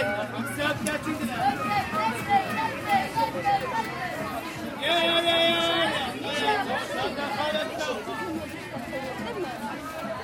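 Busy street in Tangier with dense chatter of many voices, and a sustained, bright, held cry or horn rising briefly around five seconds.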